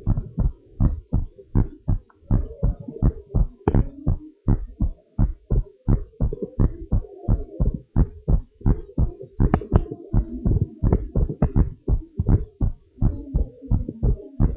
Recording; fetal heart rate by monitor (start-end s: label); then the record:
heart sounds of a pregnant woman by stethoscope
no fetal heartbeat
From the record:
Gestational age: 38 weeks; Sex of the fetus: girl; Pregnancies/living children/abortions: 2/1/0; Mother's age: 36 years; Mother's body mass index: 30.4